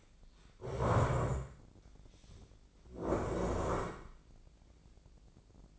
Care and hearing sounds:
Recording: daily activity, microphone in the room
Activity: stand up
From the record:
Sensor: 5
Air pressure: 1012.4 hPa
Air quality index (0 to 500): 150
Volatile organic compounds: 2 ppm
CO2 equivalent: 1029 ppm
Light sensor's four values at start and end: 273/655/279/308 and 273/654/278/307

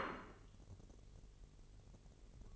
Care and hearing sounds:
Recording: daily activity, microphone in the room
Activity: place plate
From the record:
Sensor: 4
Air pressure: 1002.9 hPa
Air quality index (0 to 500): 247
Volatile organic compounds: 20 ppm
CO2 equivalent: 2678 ppm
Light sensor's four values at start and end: 5/12/4/5 and 5/12/4/5

